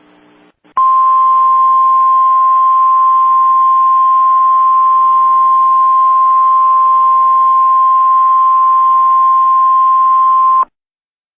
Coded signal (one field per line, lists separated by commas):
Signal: Emergency Alert System (SAME) tones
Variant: 1050 Hz attention tone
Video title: [RARE!] COASTAL FLOOD WARNING UPDATE (EAS ALERT 125)